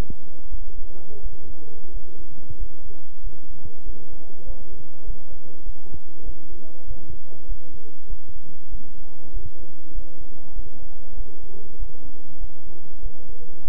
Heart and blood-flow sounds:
heart sounds by stethoscope; between the tricuspid and mitral areas; 96 bpm
0.49 s: heartbeat
1.21 s: heartbeat
1.92 s: heartbeat
2.57 s: heartbeat
3.22 s: heartbeat
3.84 s: heartbeat
4.45 s: heartbeat
5.04 s: heartbeat
5.64 s: heartbeat
6.24 s: heartbeat
6.85 s: heartbeat
7.46 s: heartbeat
8.08 s: heartbeat
8.69 s: heartbeat
9.31 s: heartbeat
9.93 s: heartbeat
10.54 s: heartbeat
11.15 s: heartbeat
11.77 s: heartbeat
12.39 s: heartbeat
13.01 s: heartbeat
13.63 s: heartbeat
From the record:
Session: bicycle stress test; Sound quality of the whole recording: good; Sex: male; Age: 26 years

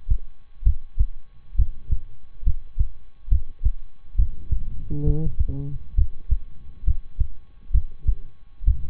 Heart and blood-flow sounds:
heart sounds by stethoscope; between the tricuspid and mitral areas; 67 bpm
0.62 s: heartbeat
1.55 s: heartbeat
2.43 s: heartbeat
3.28 s: heartbeat
4.15 s: heartbeat
5.03 s: heartbeat
5.94 s: heartbeat
6.83 s: heartbeat
7.70 s: heartbeat
8.63 s: heartbeat
From the record:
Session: rest, lying down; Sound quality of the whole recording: good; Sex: male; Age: 23 years

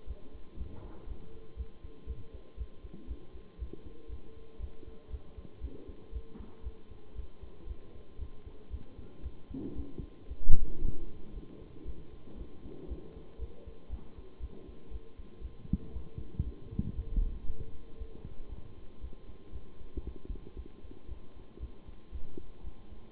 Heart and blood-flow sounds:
heart sounds by stethoscope; between the tricuspid and mitral areas; 117 bpm
0.06 s: heartbeat
0.56 s: heartbeat
1.06 s: heartbeat
1.56 s: heartbeat
2.06 s: heartbeat
2.56 s: heartbeat
3.07 s: heartbeat
3.58 s: heartbeat
4.08 s: heartbeat
4.59 s: heartbeat
5.09 s: heartbeat
5.60 s: heartbeat
6.11 s: heartbeat
6.62 s: heartbeat
7.14 s: heartbeat
7.66 s: heartbeat
8.17 s: heartbeat
8.69 s: heartbeat
9.22 s: heartbeat
9.75 s: heartbeat
10.27 s: heartbeat
10.80 s: heartbeat
11.32 s: heartbeat
11.84 s: heartbeat
12.36 s: heartbeat
12.87 s: heartbeat
13.38 s: heartbeat
13.89 s: heartbeat
14.39 s: heartbeat
14.90 s: heartbeat
15.40 s: heartbeat
15.92 s: heartbeat
16.42 s: heartbeat
16.94 s: heartbeat
17.45 s: heartbeat
17.97 s: heartbeat
18.48 s: heartbeat
19.00 s: heartbeat
19.51 s: heartbeat
20.03 s: heartbeat
20.55 s: heartbeat
21.07 s: heartbeat
21.59 s: heartbeat
22.11 s: heartbeat
22.63 s: heartbeat
From the record:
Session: Bruce protocol treadmill stress test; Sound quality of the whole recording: good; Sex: male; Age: 23 years

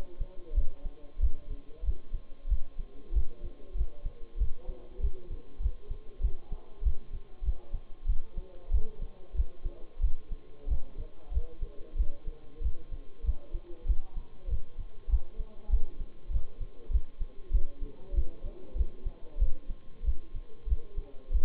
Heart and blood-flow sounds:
heart sounds by stethoscope; between the tricuspid and mitral areas; 95 bpm
0.55 s: heartbeat
1.21 s: heartbeat
1.85 s: heartbeat
2.49 s: heartbeat
3.14 s: heartbeat
3.76 s: heartbeat
4.39 s: heartbeat
5.01 s: heartbeat
5.62 s: heartbeat
6.22 s: heartbeat
6.84 s: heartbeat
7.44 s: heartbeat
8.07 s: heartbeat
8.72 s: heartbeat
9.36 s: heartbeat
10.02 s: heartbeat
10.69 s: heartbeat
11.33 s: heartbeat
11.97 s: heartbeat
12.63 s: heartbeat
13.25 s: heartbeat
13.87 s: heartbeat
14.49 s: heartbeat
15.10 s: heartbeat
15.71 s: heartbeat
16.32 s: heartbeat
16.92 s: heartbeat
17.52 s: heartbeat
18.15 s: heartbeat
18.77 s: heartbeat
19.40 s: heartbeat
20.05 s: heartbeat
20.69 s: heartbeat
21.32 s: heartbeat
From the record:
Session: Bruce protocol treadmill stress test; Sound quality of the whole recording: partially saturated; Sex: male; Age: 23 years

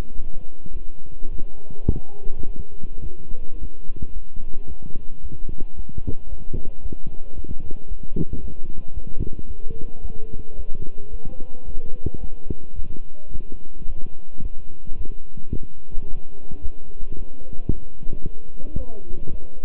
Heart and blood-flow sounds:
heart sounds by stethoscope; between the tricuspid and mitral areas; 110 bpm
0.13 s: heartbeat
0.71 s: heartbeat
1.30 s: heartbeat
1.87 s: heartbeat
2.44 s: heartbeat
3.01 s: heartbeat
3.57 s: heartbeat
4.12 s: heartbeat
4.66 s: heartbeat
5.20 s: heartbeat
5.74 s: heartbeat
6.27 s: heartbeat
6.80 s: heartbeat
7.34 s: heartbeat
7.86 s: heartbeat
8.39 s: heartbeat
8.92 s: heartbeat
9.46 s: heartbeat
10.00 s: heartbeat
10.54 s: heartbeat
11.08 s: heartbeat
11.64 s: heartbeat
12.18 s: heartbeat
12.74 s: heartbeat
13.29 s: heartbeat
13.85 s: heartbeat
14.40 s: heartbeat
14.95 s: heartbeat
15.51 s: heartbeat
16.05 s: heartbeat
16.60 s: heartbeat
17.14 s: heartbeat
17.68 s: heartbeat
18.21 s: heartbeat
18.75 s: heartbeat
19.29 s: heartbeat
From the record:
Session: walking at 3.7 km/h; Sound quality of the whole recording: good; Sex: male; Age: 26 years

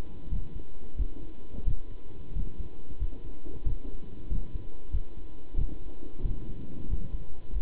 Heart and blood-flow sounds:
heart sounds by stethoscope; between the tricuspid and mitral areas; 91 bpm
0.31 s: heartbeat
0.98 s: heartbeat
1.66 s: heartbeat
2.35 s: heartbeat
3.00 s: heartbeat
3.66 s: heartbeat
4.30 s: heartbeat
4.93 s: heartbeat
5.57 s: heartbeat
6.24 s: heartbeat
6.90 s: heartbeat
7.54 s: heartbeat
From the record:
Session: pedaling a stationary bicycle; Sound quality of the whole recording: good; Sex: male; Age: 27 years

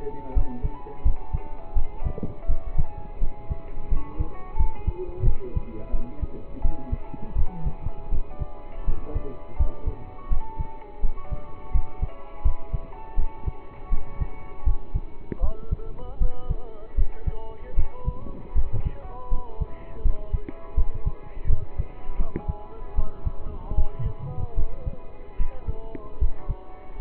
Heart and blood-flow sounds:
heart sounds by stethoscope; between the tricuspid and mitral areas; 81 bpm
0.33 s: heartbeat
1.02 s: heartbeat
1.73 s: heartbeat
2.46 s: heartbeat
3.19 s: heartbeat
3.88 s: heartbeat
4.56 s: heartbeat
5.24 s: heartbeat
5.91 s: heartbeat
6.61 s: heartbeat
7.35 s: heartbeat
8.09 s: heartbeat
8.85 s: heartbeat
9.56 s: heartbeat
10.28 s: heartbeat
11.00 s: heartbeat
11.71 s: heartbeat
12.42 s: heartbeat
13.15 s: heartbeat
13.89 s: heartbeat
14.63 s: heartbeat
15.40 s: heartbeat
16.18 s: heartbeat
16.95 s: heartbeat
17.75 s: heartbeat
18.53 s: heartbeat
19.29 s: heartbeat
20.02 s: heartbeat
20.74 s: heartbeat
21.46 s: heartbeat
22.17 s: heartbeat
22.95 s: heartbeat
23.74 s: heartbeat
24.54 s: heartbeat
25.37 s: heartbeat
26.18 s: heartbeat
26.97 s: heartbeat
From the record:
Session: rest, lying down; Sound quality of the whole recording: partially saturated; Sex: male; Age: 27 years

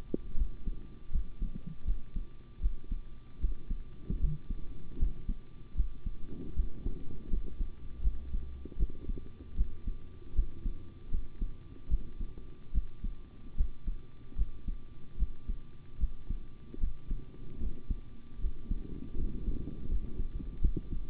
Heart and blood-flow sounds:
heart sounds by stethoscope; between the tricuspid and mitral areas; 77 bpm
0.36 s: heartbeat
1.10 s: heartbeat
1.84 s: heartbeat
2.60 s: heartbeat
3.39 s: heartbeat
4.19 s: heartbeat
4.97 s: heartbeat
5.74 s: heartbeat
6.54 s: heartbeat
7.29 s: heartbeat
8.02 s: heartbeat
8.77 s: heartbeat
9.55 s: heartbeat
10.34 s: heartbeat
11.10 s: heartbeat
11.88 s: heartbeat
12.72 s: heartbeat
13.55 s: heartbeat
14.36 s: heartbeat
15.17 s: heartbeat
15.98 s: heartbeat
16.78 s: heartbeat
17.58 s: heartbeat
18.39 s: heartbeat
19.16 s: heartbeat
19.87 s: heartbeat
20.60 s: heartbeat
From the record:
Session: rest, sitting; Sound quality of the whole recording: good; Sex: male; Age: 25 years

